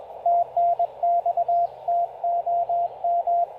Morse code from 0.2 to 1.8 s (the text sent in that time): TNX